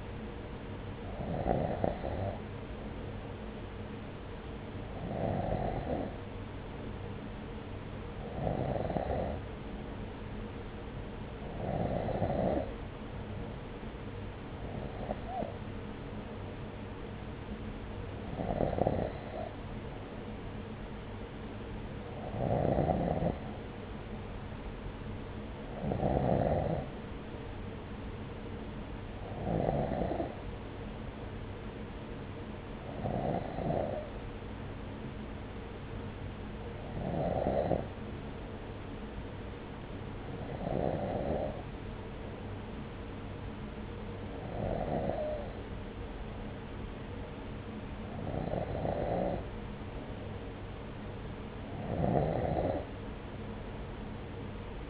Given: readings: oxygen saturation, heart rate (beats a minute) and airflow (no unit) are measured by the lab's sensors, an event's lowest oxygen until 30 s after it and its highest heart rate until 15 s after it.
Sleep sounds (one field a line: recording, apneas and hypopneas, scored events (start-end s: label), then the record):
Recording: breathing in sleep by a voice recorder at the bedside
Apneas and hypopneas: none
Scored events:
none scored
From the record:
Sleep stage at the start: N2 (light sleep)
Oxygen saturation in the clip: 92 to 94%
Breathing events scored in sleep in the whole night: 303 in 8.1 hours asleep